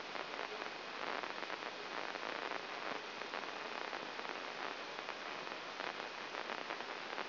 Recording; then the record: brain microelectrode recording played as sound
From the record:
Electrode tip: inside the subthalamic nucleus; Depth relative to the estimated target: -2 mm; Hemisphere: right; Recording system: AlphaMap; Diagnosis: Parkinson's disease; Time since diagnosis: 19 years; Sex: male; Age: 59 years